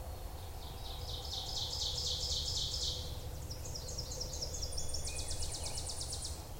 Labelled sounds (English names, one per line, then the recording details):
Ovenbird song
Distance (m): 35 m
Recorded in boreal forest in Alberta, Canada, on 26 May 2016 at 07:53
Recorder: SongMeter 3, array SBT-3-15
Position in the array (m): 53 m, 223 m
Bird 20